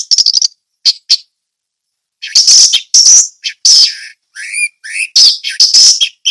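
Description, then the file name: Orange-headed thrush delivering fast chattering notes, a pause, then a loud tumbling sequence of whistles and scratchy phrases. Indonesian local name anis merah; song style called ngeplong teler. "suara anis merah ngeplong teler"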